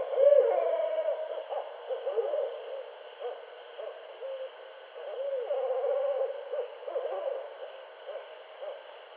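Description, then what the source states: Barred owl cackling calls, a fast irregular run of short arched hoots with louder bursts. Recorded 8 September 2011.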